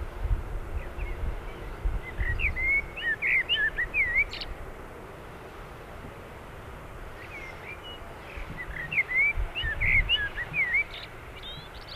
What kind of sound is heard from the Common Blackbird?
song